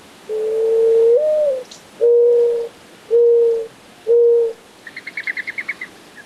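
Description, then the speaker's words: Mourning Dove cooing: a long low coo with a slight rise, then three shorter steady coos about a second apart, followed by a rapid series of higher pulsed notes. Described as a soothing song. "I would hear the mourning dove in the morning on the way to school, cooing late in the afternoon."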